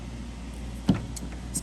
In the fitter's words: that's from painting this little piece right here i'm gonna pop this out and i'll actually show it to you it's